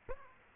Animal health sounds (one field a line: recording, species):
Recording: mosquito wingbeat signal from an infrared sensor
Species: Aedes aegypti